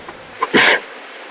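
A brief catch followed by one sharp, noisy burst of air through the nose: a single lion sneeze.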